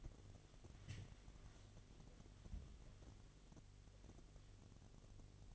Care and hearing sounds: daily activity, microphone in the room; wipe stove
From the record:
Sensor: 4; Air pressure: 1007.8 hPa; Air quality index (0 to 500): 192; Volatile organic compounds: 6 ppm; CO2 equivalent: 1916 ppm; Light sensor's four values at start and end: 23/72/27/26 and 23/72/27/26

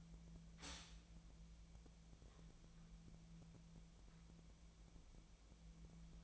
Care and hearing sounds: daily activity, microphone in the room; stop toaster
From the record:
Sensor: 1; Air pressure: 1009.4 hPa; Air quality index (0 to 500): 196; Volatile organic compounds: 19 ppm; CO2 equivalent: 2672 ppm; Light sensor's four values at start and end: 28/71/29/35 and 28/71/29/35

